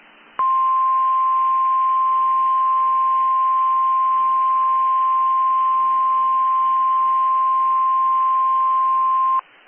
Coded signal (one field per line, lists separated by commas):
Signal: Emergency Alert System (SAME) tones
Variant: 1050 Hz attention tone